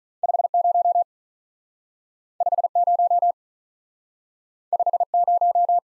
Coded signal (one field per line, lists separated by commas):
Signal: Morse code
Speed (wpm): 46 wpm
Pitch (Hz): 700 Hz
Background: none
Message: 5 0 5 0 5 0